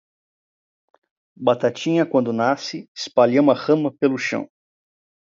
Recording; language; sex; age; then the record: short text; Brazilian Portuguese; male; 30 to 39 years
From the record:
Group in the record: control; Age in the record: 33 years